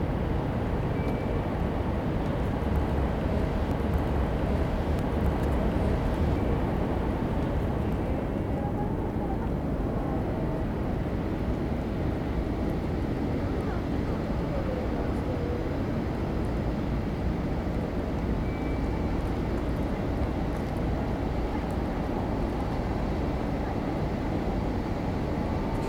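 A plaza in front of Tokyo Station, filled with a steady, dense low rumble of traffic that barely changes in level. Faint voices surface now and then, and a few thin high tones, like brakes or whistles, appear briefly around 2, 9 and 18 seconds.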